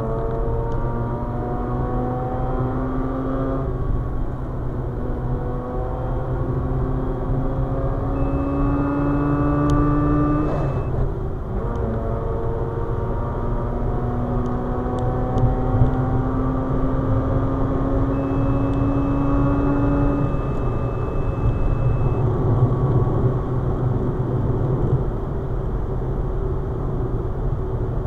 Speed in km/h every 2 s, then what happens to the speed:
111, 108, 114, 122, 130, 131, 145, 150, 158, 163, 155, 145, 142, 138.
0-17 speeds up to 163. 17-28 slows to 138.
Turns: 0-9.